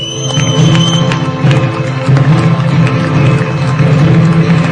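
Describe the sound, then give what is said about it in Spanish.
An audience claps and cheers loudly and steadily for an Innova 7 director being introduced, a dense, continuous patter of hands mixed with raised voices and no pauses. “Fuerte aplauso, por favor, aquí lo tenemos, muchos lo conocen.”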